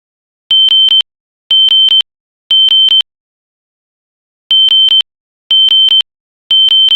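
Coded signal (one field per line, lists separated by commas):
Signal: alarm pattern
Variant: temporal-3, 3 kHz tone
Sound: high 3 kHz beeps in groups of three, half-second each, with longer pauses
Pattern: temporal three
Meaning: Temporal-3 fire alarm signal calling for evacuation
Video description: This is a sound effect of the System Sensor SpectrAlert Classic horn strobe on it's temp 3 3k setting to sound like an old smoke alarm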